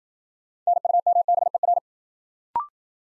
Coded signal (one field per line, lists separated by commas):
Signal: Morse code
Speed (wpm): 53 wpm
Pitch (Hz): 700 Hz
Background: none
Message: NUMBER